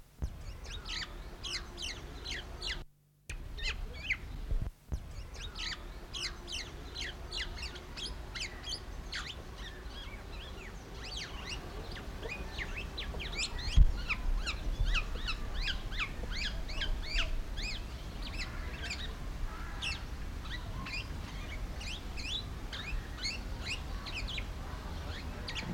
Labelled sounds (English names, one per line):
Black-naped Oriole